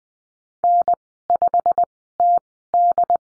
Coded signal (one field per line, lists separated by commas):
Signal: Morse code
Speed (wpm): 20 wpm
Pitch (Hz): 700 Hz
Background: none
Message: N5TD